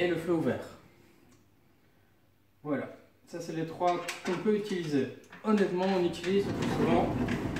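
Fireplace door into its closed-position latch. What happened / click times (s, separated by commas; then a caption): Handled, not yet home: the door has not latched by the end / none. The glass door of a Stuv 30 wood-burning fireplace is being handled toward its closed-fire latch position while someone talks, with a quiet stretch from about 1.0 to 2.6 seconds. The clip ends before the door reaches the latch, so nothing has seated or clicked yet.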